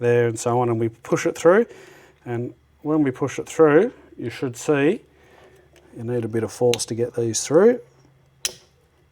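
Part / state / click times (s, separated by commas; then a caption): crimped wire terminal into plastic connector housing / seated / 8.4 s. A crimped metal wire terminal is pushed with some force through the back of a plastic connector housing, with the red and black wires oriented to positive and negative, while someone talks. A sharp click at 8.4 s marks the terminal seating, its locking lip passing over the metal so it cannot be pulled back out.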